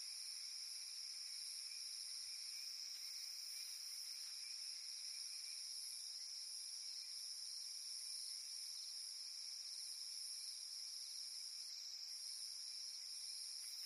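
Shrill cicada drone sustained at an even level throughout.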